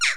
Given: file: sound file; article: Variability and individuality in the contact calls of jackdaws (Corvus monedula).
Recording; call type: jackdaw call; noisy